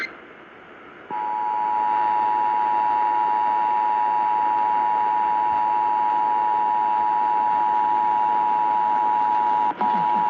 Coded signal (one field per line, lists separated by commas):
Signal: Emergency Alert System (SAME) tones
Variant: 853 and 960 Hz attention tone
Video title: (EAS #15-16) Utah Required Monthly Test 10-28-2022